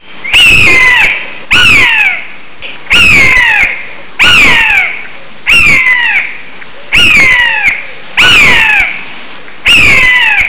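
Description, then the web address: Bird uttering harsh, descending squawks, several loud calls in a regular series, each one grating. "动物鸟叫声素材"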